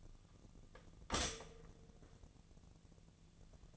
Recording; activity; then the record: daily activity, microphone in the room; stop toaster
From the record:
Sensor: 4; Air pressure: 1001.0 hPa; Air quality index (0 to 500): 151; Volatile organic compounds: 2 ppm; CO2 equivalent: 1106 ppm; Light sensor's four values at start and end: 19/45/19/20 and 20/46/19/21